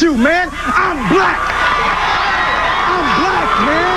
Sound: cheering